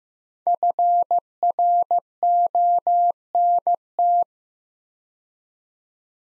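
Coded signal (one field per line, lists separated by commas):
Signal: Morse code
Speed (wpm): 15 wpm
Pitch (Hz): 700 Hz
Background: none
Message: FRONT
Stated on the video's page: Morse practice drill of two-word sets at 15 wpm with 4x word spacing, each set followed by spoken answer.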